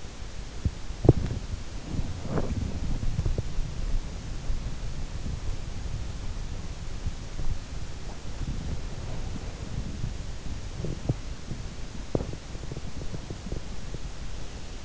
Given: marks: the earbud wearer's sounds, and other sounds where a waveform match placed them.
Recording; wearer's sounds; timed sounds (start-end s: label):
sounds in sleep by an in-ear microphone; body movement
0.82-14.85 s: body movement